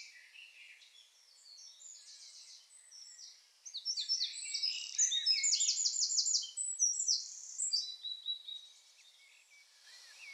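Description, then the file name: Eurasian Wren song: faint high twittering at first, then a loud burst of rapid chattering notes and a dry buzzing trill near the middle, fading away again. "Troglodytes troglodytes"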